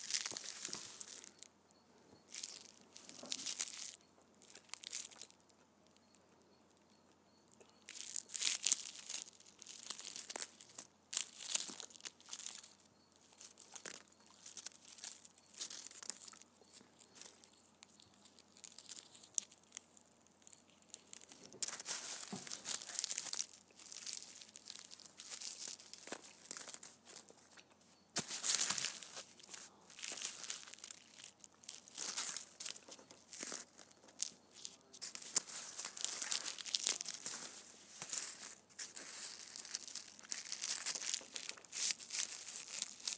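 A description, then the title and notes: Candy wrappers crinkle and crackle in bright, irregular bursts, with denser rustling around twenty-two to twenty-eight seconds and again near the end. ASMR Candy Wrappers.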